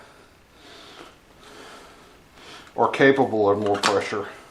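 While swapping the fuel pump on a Mazda, a fuel pump part is handled and pressed toward the fuel sending unit assembly, with faint handling noises early on and someone talking loudly from about 2.8 s to the end. The clip ends before the part goes home, so nothing has seated or clicked yet.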